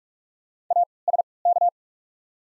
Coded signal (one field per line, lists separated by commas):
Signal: Morse code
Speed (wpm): 43 wpm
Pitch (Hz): 700 Hz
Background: none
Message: ASK